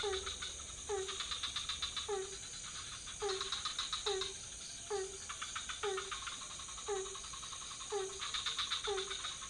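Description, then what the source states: Night frog chorus of steady, evenly spaced downslurred notes, with bursts of fast clicking rattles and a continuous high hiss. Several frog species calling at night in a pond near a hotel in Ubud, Bali, Indonesia; recorded with Sony PCM D50, Rode NT4 and boompole.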